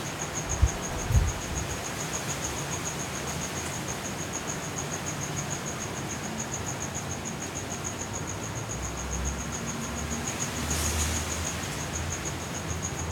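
Hurricane Kay at midnight in Los Cabos: a dense, steady roar of wind and rain runs the whole time. A thin, rapid insect chirp pulses high and evenly throughout, two low thumps land near the start, and deeper rumbles swell around ten seconds.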